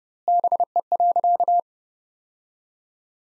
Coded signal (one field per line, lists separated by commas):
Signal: Morse code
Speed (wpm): 30 wpm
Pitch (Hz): 700 Hz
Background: none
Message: BE.